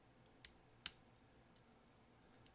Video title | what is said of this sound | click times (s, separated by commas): P Key 1278 Early 2011 13 inch Macbook Pro 2.3 GHz Core i5 MC700 Type J | right in place and then push with your finger and it should click and | 0.9 s